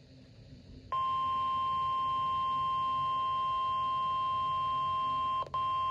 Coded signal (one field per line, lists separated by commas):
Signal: Emergency Alert System (SAME) tones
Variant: 1050 Hz attention tone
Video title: NOAA Weather Radio - Required Weekly Test [EAS #60] (12/22/21)